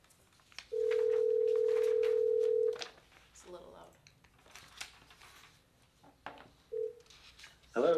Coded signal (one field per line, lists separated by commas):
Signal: telephone call progress tone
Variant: North America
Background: speech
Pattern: ringback tone